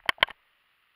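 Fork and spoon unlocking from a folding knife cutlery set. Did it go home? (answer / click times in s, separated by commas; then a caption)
released / 0.1 s, 0.2 s. A hand holds the knife of a nested camping cutlery set and pushes the fork and spoon to unlock them from the folding knife. Two sharp clacks ring out at 0.1 s and 0.2 s, followed by a softer tick and a faint hiss. The fork and spoon click free and the pieces come apart.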